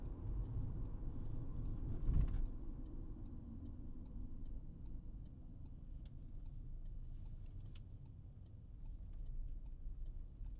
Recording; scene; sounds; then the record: everyday scene through a hearing-aid microphone; in a vehicle; engine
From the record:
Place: Berlingo II, diesel engine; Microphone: in the ear canal, right